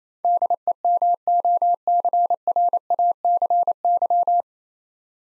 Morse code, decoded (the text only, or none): DEMOCRACY